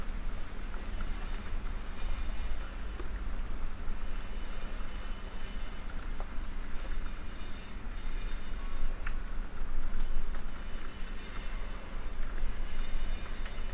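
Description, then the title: Domestic cat purring, a continuous deep rumble held steadily through the whole stretch, with faint scattered rustles and ticks above it. Cat purring while snuggling; presented as ASMR. "ASMR Cat Snuggles REAL PURRING"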